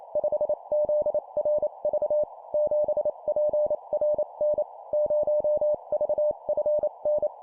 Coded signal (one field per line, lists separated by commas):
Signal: Morse code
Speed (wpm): 28 wpm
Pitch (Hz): 600 Hz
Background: none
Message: 5ZRV 7PRN 0VFN